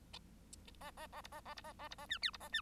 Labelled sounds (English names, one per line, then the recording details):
Bengalese Finch song
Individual Bird1